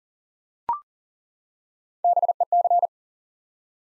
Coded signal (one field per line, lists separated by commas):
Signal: Morse code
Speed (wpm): 39 wpm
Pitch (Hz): 700 Hz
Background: none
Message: BEC